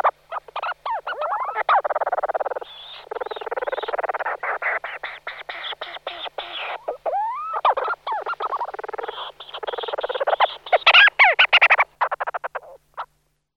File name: buřňáček obecný